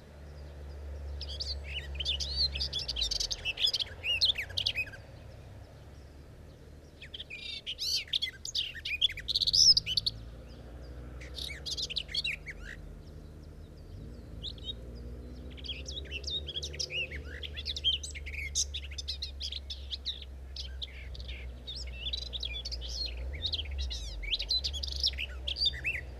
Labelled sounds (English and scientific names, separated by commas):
Garden Warbler (Sylvia borin) song